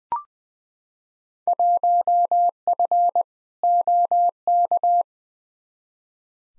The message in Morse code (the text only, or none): 1F OK